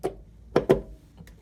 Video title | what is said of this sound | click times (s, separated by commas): Toilet Shut Off Valve Replacement | and you're going to come in and you're going to take your Shark Bite and you're going to literally just push it right on top until it clicks. | 0.6 s, 0.7 s